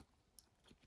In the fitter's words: bis es einmal so ganz kleinen Klack macht.